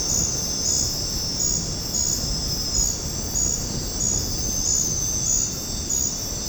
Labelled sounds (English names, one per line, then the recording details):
none
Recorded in secondary vegetation near Puerto Asís, Putumayo, Colombia, on 13 March 2025 at 22:00
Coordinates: 0.481, -76.318
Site G097